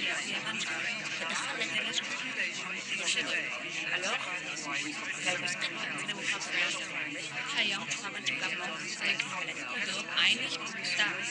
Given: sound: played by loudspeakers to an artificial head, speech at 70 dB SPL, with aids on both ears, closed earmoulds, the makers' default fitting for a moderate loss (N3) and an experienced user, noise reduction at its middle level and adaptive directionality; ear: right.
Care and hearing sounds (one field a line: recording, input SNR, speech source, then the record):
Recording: speech test signal (ISTS) in cocktail-party noise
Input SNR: -6 dB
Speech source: in front (0 degrees)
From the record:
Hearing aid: class 2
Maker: G